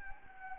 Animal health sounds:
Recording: mosquito wingbeat signal from an infrared sensor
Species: Anopheles gambiae

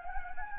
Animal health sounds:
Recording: mosquito wingbeat signal from an infrared sensor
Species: Anopheles gambiae

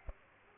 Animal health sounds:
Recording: mosquito wingbeat signal from an infrared sensor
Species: Aedes aegypti

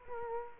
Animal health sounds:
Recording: mosquito wingbeat signal from an infrared sensor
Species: Culex quinquefasciatus

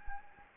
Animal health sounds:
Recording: mosquito wingbeat signal from an infrared sensor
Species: Anopheles gambiae

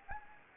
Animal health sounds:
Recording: mosquito wingbeat signal from an infrared sensor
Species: Anopheles gambiae

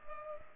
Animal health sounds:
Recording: mosquito wingbeat signal from an infrared sensor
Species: Culex pipiens

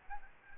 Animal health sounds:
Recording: mosquito wingbeat signal from an infrared sensor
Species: Aedes albopictus

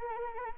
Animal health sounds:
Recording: mosquito wingbeat signal from an infrared sensor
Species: Anopheles arabiensis

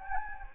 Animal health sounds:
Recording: mosquito wingbeat signal from an infrared sensor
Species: Anopheles gambiae

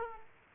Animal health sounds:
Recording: mosquito wingbeat signal from an infrared sensor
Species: Aedes aegypti

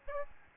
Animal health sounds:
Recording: mosquito wingbeat signal from an infrared sensor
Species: Aedes albopictus

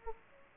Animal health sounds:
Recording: mosquito wingbeat signal from an infrared sensor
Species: Culex pipiens

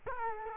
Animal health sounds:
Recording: mosquito wingbeat signal from an infrared sensor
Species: Culex quinquefasciatus

